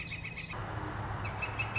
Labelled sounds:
Northern Flicker
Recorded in Sonoma County, California

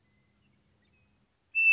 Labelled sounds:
Western Meadowlark
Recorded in Sonoma County, California

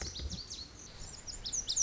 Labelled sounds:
Lazuli Bunting
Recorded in Sonoma County, California

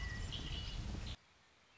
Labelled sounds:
Red-winged Blackbird
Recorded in Sonoma County, California

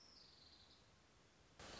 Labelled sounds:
Orange-crowned Warbler
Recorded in Sonoma County, California

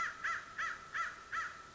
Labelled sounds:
American Crow
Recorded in Sonoma County, California

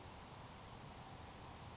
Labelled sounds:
Grasshopper Sparrow
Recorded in Sonoma County, California

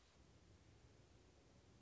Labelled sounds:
American Robin
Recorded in Sonoma County, California

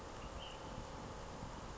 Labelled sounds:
Ash-throated Flycatcher
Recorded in Sonoma County, California

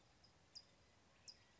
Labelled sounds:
California Towhee
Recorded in Sonoma County, California

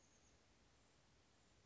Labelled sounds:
Chestnut-backed Chickadee
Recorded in Sonoma County, California

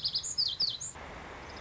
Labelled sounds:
Lazuli Bunting
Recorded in Sonoma County, California

